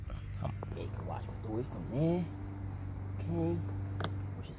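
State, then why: Released. Someone talks while pushing the plastic trim cover around the front seat belt buckle of an Infiniti Q50 outwards to unclip it. A sharp click is heard at 4.0 s as the trim clip lets go and releases.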